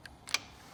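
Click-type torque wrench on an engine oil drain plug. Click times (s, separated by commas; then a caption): 0.3 s. A click-type torque wrench tightens a new oversized steel drain plug into the aluminum engine case of a Honda Rancher ATV, repairing a stripped drain plug hole. A few faint ticks are followed by one sharp, bright metallic click at 0.3 s. The wrench clicks at its setting of 18 ft lbs.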